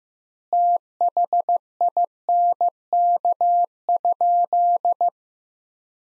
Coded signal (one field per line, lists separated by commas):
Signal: Morse code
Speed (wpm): 15 wpm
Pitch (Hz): 700 Hz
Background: none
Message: THINK?